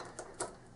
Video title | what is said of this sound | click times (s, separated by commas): AAGSTI Reloading Series - Part 2-2: Equipment | and anything is going to just snap right in there | 0.4 s